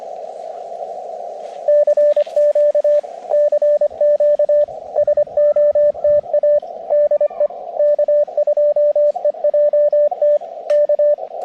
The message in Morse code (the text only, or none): CQ CQ SOTA DE K2EJT K